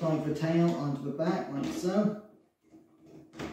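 Someone talks while a plastic toy tail piece is handled and plugged onto the back of a toy robot, with a brief handling sound near the end. The part is being fitted but nothing has seated or clicked yet.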